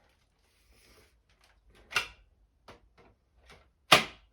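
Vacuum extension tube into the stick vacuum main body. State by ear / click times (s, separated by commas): seated / 3.9 s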